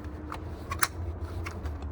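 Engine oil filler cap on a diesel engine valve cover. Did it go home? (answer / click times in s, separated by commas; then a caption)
yes / 0.3 s, 0.7 s, 0.8 s. After refilling a 2019 RAM 6.7L diesel with AMSOIL 10W-30 Signature Series Max-Duty oil, the plastic engine oil filler cap is twisted back onto the valve cover until its ratchet clicks. Sharp clicks land at 0.3 s, 0.7 s and 0.8 s, the last being the loudest, over a steady low hum, followed by fainter ticks near 1.5 s and 1.8 s. The cap is seated tight.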